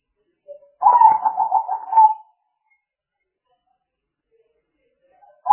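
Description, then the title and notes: Spotted dove giving one pulsed cooing phrase of rapid throbbing notes, followed by silence and the start of another phrase. Lure sounds used for trapping, a collection of calls. "Pikat Burung Tekukur Paling Ampuh. Kumpulan suara burung tekukur paling ampuh"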